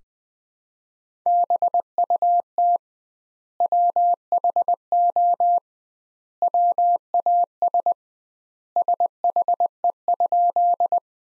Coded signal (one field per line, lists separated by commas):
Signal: Morse code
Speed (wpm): 21 wpm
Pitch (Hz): 700 Hz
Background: none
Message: BUT WHO WAS SHE?